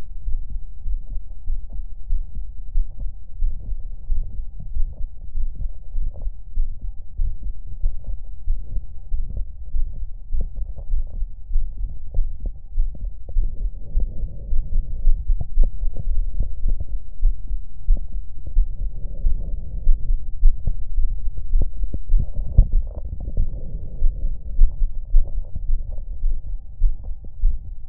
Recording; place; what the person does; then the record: lung sounds by stethoscope; left anterior apical chest; quiet breathing, then deep breathing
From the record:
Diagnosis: none (healthy); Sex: male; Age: 30 years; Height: 190 cm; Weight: 88 kg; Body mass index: 24.4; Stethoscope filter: extended mode